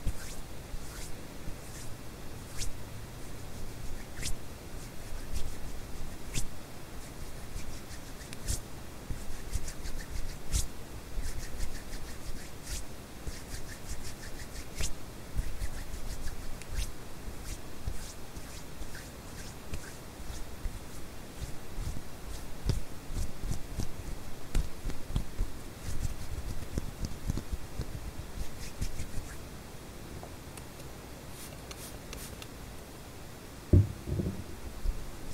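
Hand sounds over a steady hiss of white noise: irregular soft rubs, pats and sharp little clicks scattered throughout. The handling is busiest in the first half and thins after about 30 seconds, with one louder knock near 34 seconds.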